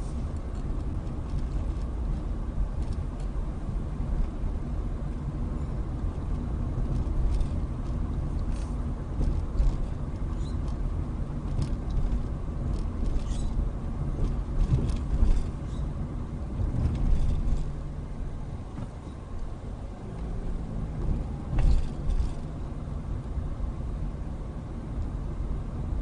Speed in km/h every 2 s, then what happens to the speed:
21, 23, 24, 24, 24, 24, 23, 21, 15, 11, 18, 19, 21.
0-11 steady at about 24. 11-17 slows to 11. 17-26 speeds up to 21.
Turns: none.